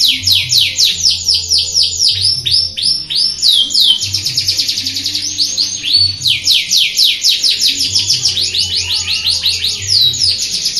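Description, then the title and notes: Canary song, loud rapid trills of sweeping notes almost without pause, with a low hum running underneath. Master canary song, described as solid (mantap). "Suara Burung Kenari Masteran. master suara burung kenari mantap"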